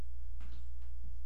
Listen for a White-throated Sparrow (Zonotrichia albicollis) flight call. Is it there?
no